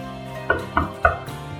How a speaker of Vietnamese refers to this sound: Mọi người còn đang thảo luận, bên ngoài đã truyền đến tiếng gõ cửa.